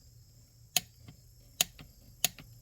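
A click-type torque wrench tightens the bolts on an LS engine front cover to 22 ft-lb, giving three sharp metallic clicks at about 0.8, 1.6 and 2.3 seconds, each followed by a fainter tick. The earlier strong clicks may be ratcheting strokes. The last one, at 2.3 seconds, is the wrench breaking over at its setting, confirming the bolt is torqued.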